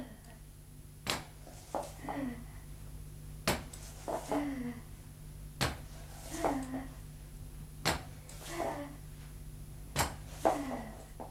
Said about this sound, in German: Endlos scheint dieser Gang von wenigen Schritten bis zur Tür. Atemlos steht der Leutnant, horcht auf das trockene Klopfen und Stoßen der Krücken, spürt sein Herz unter der Uniform schlagen